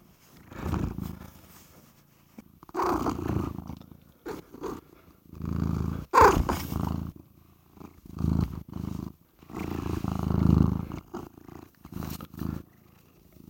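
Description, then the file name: Cat purring in repeated low breathy surges every couple of seconds, with occasional clicks and scrapes between them. "Catsoundswav"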